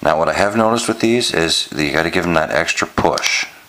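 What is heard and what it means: A hard plastic phone case is being fitted onto a smartphone, laid on button side first and pressed on, while someone talks throughout the clip. Nothing has snapped on or seated yet.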